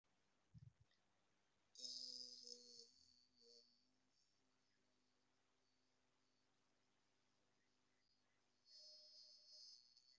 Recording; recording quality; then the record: sustained vowel as in beet; excellent, no background noise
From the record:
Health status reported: exposed to COVID-19, no respiratory illness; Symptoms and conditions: cough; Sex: male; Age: 38 years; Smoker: yes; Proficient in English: yes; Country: India